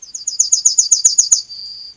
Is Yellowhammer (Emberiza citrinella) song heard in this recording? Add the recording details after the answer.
yes. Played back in forest. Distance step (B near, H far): B. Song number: 155